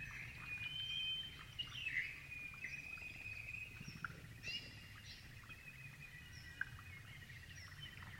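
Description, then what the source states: Grey-fronted honeyeaters chirping, soft whistled phrases and scattered short notes throughout, over a steady low background rumble. Several birds chirping together.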